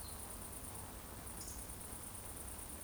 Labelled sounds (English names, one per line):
Eurasian Woodcock whistle